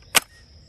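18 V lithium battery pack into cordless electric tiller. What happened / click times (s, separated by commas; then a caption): The battery pack clicked home in its slot / 0.2 s. An 18 V lithium battery pack is pushed into the battery slot of a Ryobi cordless electric tiller. A single sharp click sounds at 0.2 s against a quiet background, and the battery is seated.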